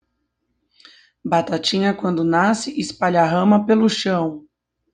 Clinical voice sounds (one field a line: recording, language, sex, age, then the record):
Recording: short text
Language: Brazilian Portuguese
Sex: female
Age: 40 to 49 years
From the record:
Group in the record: control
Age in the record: 44 years